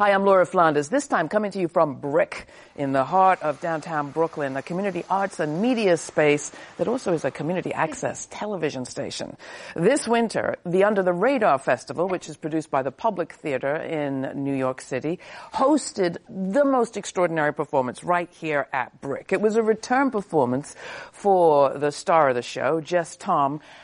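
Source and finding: Adult female speaker. Normal speech.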